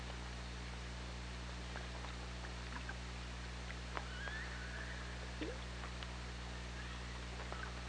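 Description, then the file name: Orca call, a faint whistled tone sliding gently upward, amid irregular clicks and a steady low underwater drone. Recorded on the OrcaLab hydrophone, 24 August 2017 at 17:55. "Orca Lab UTLN 20170824 175530"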